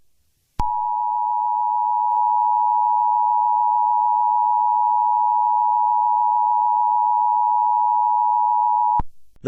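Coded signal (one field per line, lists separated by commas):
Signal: Emergency Alert System (SAME) tones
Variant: 853 and 960 Hz attention tone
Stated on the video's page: Fictional EAS scenario.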